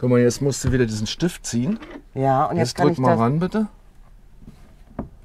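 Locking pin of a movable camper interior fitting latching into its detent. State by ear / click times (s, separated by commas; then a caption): seated / 5.0 s. Inside a camper van, a locking pin on a movable interior fitting is pulled and the part is pushed against its stop while someone talks. A short, sharp click at 5.0 s marks the pin snapping into its detent, and the fitting is locked in place.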